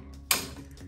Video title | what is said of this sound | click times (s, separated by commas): Must have Gazebo Accessory - Patio ideas - Netflix Outdoors | You hear the click, it means it's locked into place. | 0.3 s